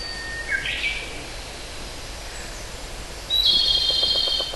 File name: pygmy woodpecker